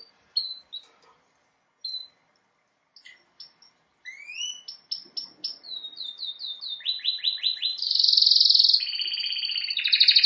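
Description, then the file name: Canary song: scattered high chirps, then a quickening run of repeated downward-sweeping notes building into rapid trills and a loud sustained buzzy roll near the end. "Canary Voice"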